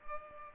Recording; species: mosquito wingbeat signal from an infrared sensor; Culex pipiens